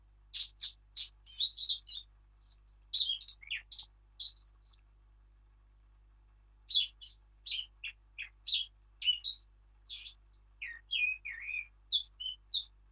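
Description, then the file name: Eurasian blackcap warbling: a busy phrase of mixed high notes, a pause of about two seconds, then another long run of clear, varied notes. "Sylvia atricapilla"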